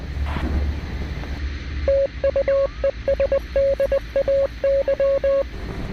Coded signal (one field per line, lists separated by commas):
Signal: Morse code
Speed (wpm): 20 wpm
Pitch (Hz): 550 Hz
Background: none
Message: TUESDAY